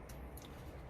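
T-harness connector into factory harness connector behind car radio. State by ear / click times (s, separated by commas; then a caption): not seated / none. One side of a screen T-harness for a YP-CPAA-320SYM CarPlay and Android Auto interface is handled at the factory plastic connector behind the radio of a 2017 Audi Q5. Low handling rustle runs throughout, with a brief faint tick at 0.4 s. Nothing has seated or clicked yet.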